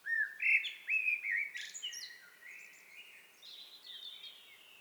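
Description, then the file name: Common blackbird song phrase: rich whistled notes followed by a squeaky high flourish and softer trailing twitters, over a steady faint hiss. "Turdus merula"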